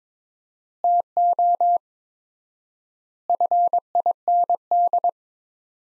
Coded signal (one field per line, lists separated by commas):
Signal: Morse code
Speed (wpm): 21 wpm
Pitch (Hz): 700 Hz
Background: none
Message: TO FIND